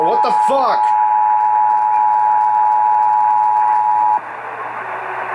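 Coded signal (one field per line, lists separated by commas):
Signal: Emergency Alert System (SAME) tones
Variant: 853 and 960 Hz attention tone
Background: speech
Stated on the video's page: Real EAS test alerts captured in October 2021.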